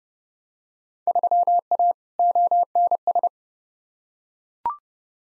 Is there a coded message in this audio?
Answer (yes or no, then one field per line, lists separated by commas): yes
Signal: Morse code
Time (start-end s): 1.1-3.3 s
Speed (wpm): 29 wpm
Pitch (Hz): 700 Hz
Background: none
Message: 3A ONS